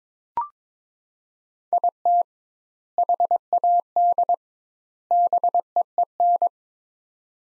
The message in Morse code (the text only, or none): IT HAD BEEN